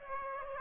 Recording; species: mosquito wingbeat signal from an infrared sensor; Aedes aegypti